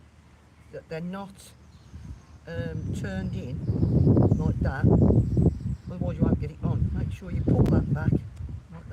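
A plastic harness clip is handled beside a dog wheelchair frame while someone talks, with rustling and handling noise throughout. The clip is pulled back so it is not turned in, ready to be pushed onto the wheelchair. Nothing has seated or clicked yet.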